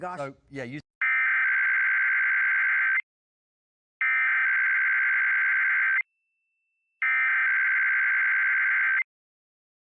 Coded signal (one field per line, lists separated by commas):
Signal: Emergency Alert System (SAME) tones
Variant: header bursts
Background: speech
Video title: Arizona EAS Alert: Required Monthly Test Compilation (09/13/2023)